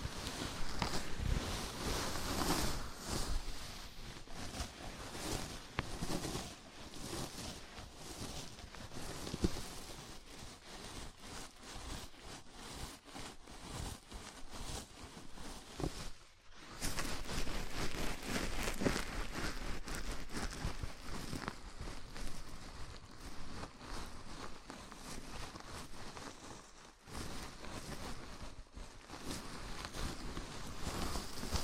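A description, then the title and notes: Scalp massage with dense, crackly rustling like fingers working through hair, steady throughout with brief pauses near 16 and 27 seconds. ASMR Sleepy Scalp Massage (No Talking).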